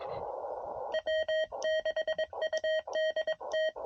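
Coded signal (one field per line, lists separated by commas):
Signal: Morse code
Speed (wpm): 22 wpm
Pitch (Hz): 630 Hz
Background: none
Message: W6UDT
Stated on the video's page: Morse from a POTA activation in a national forest, sent with a Palm Radio Pico paddle on a Venus SW-6B radio with a Hamstick antenna.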